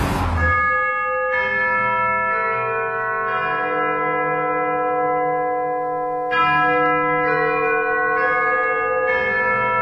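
A church bell chimes 11 o'clock in slow, loud, evenly spaced strikes, each leaving a long shimmering hum of overlapping tones that blends into the next stroke, opening a programme on Beijing Music Radio FM97.4.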